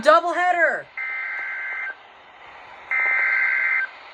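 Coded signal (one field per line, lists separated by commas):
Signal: Emergency Alert System (SAME) tones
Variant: header bursts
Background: speech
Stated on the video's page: Real EAS alerts including Required Weekly Tests and a River Flood Warning doubleheader.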